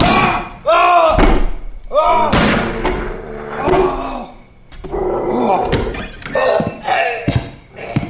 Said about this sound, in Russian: Белый клык повис у незнакомца на плечах, с грохотом опрокинул его навзничь и впился зубами ему в шею.